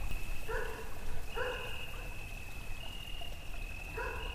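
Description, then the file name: Dog barking three times in short, rough bursts, with a steady high drone throughout and a low background rush. Recorded with water, cicadas and wind. "Wasser Mi Fa Zikaden Hund und Wind"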